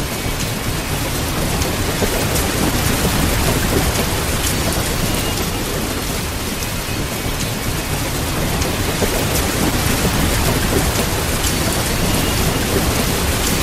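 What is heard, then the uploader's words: Steady, dense rain falls throughout, a thick even hiss spread from low rumble to bright top with no pauses. Scattered sharper drop ticks stand out here and there, and a low rolling undertone sits beneath the constant downpour. White Noise: Rainy Ambient Reflection.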